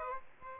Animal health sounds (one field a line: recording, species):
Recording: mosquito wingbeat signal from an infrared sensor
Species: Aedes aegypti